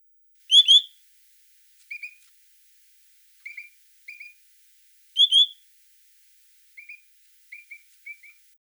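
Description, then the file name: Pine grosbeak calling with clear whistled notes: louder double whistles twice, alternating with softer single and paired whistles at irregular intervals. "schur obyknovennyy golos"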